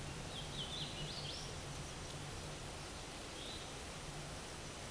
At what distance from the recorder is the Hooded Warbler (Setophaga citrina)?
about 65 m